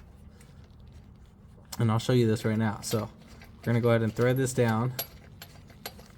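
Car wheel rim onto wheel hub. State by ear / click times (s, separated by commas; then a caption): partly seated / 5.9 s. A lug nut is threaded down on a 2010-2015 Toyota Prius front wheel whose centre bore catches on the hub pilot. Someone talks, then light metallic rattles lead to a sharp knock at 5.9 s as the wheel stops. The rim is left short of flush and not fully seated on the hub.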